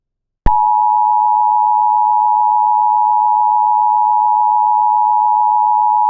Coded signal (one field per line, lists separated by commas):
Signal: Emergency Alert System (SAME) tones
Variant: 853 and 960 Hz attention tone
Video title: (EAS MOCK) (8/15/2001) Dust Storm Interference